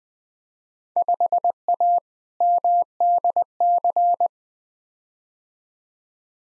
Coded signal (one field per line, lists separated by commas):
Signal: Morse code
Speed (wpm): 21 wpm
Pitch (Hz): 700 Hz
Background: none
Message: 5A MDC